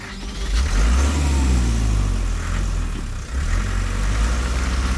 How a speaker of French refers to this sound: Le dos en compote, les reins en marmelade, des calomins, de la boue sur les vêtements, il regagne sa voiture et disparaît aussitôt.